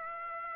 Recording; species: mosquito wingbeat signal from an infrared sensor; Aedes aegypti